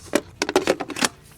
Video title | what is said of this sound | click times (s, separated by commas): An Affordable Full-Suspension e-Bike!?! PuckiPuppy Labrador Pro Review | And then top slides in and clicks in place, and you're ready to go. It self locks just like that. | 1.0 s